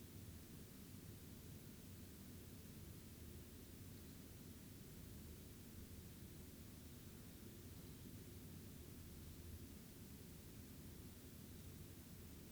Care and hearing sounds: daily activity, guitar pickup as the sensor; lie down

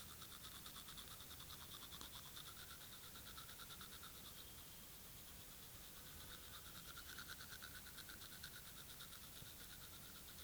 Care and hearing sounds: daily activity, guitar pickup as the sensor; brush teeth

